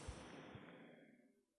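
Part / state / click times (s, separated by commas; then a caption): cone lid onto a film developing tank / not seated / none. A plastic cone lid is lined up on top of a film developing tank, which already holds the reel and center post, before it is twisted clockwise. A broad, soft whooshing rustle fades out over about 1.7 seconds, with brief low thumps near 0.1 and 0.6 seconds. The lid has not yet clicked into place.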